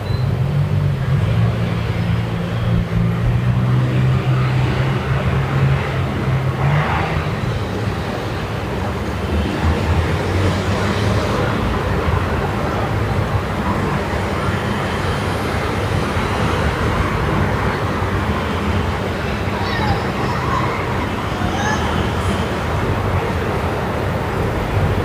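Evening street ambience on Via Moscova in Milan: a steady, dense rumble of passing traffic fills the whole clip. A low engine drone holds for the first seven seconds, and faint voices and brief clatters surface now and then over the constant roar.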